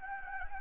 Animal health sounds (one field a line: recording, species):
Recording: mosquito wingbeat signal from an infrared sensor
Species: Anopheles gambiae